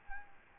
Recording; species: mosquito wingbeat signal from an infrared sensor; Aedes albopictus